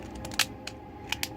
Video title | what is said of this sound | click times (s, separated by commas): TF5 Autobot Drift | also press this down you know lock into place for the front of the car | 0.4 s, 1.2 s